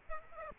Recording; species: mosquito wingbeat signal from an infrared sensor; Aedes aegypti